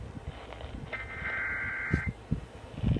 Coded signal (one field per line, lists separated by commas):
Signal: Emergency Alert System (SAME) tones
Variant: header bursts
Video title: EAS#109-110: SVR Relay KSTP-FM KSTP-AM